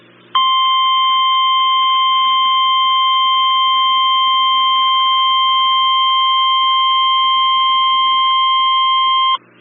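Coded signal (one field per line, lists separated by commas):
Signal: Emergency Alert System (SAME) tones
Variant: 1050 Hz attention tone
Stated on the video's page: Tornado warning tones for a South Carolina statewide tornado drill, on NOAA Weather Radio.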